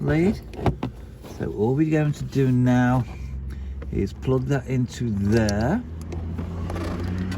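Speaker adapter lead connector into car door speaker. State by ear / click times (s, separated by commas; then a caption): seated / 6.7 s. Someone talks while plugging a plastic speaker adapter lead connector onto the terminals of a JVC speaker going into the car door of a 2006 Suzuki Alto as part of a speaker upgrade. After a few faint ticks, the connector clicks into place at 6.7 s and is seated.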